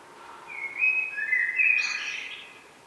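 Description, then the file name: Common blackbird, a single short warbled phrase with a brief high, scratchy flourish at the end. "Turdus merula"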